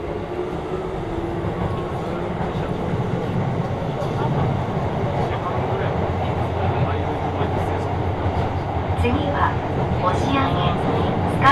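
A train on the Hokuso Railway through the Toei Asakusa Line rumbles steadily low, with murmured voices and brief squeaks and clicks throughout.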